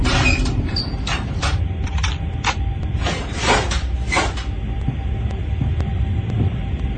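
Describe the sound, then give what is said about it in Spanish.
A fridge and cupboards being opened and emptied: a run of quick bangs, knocks and rattling clatter over a steady low hum, with no one talking. “Abre la heladera, vacía las alacenas.”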